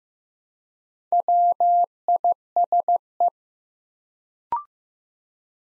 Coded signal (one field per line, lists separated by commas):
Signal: Morse code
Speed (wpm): 15 wpm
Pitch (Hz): 700 Hz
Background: none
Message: WISE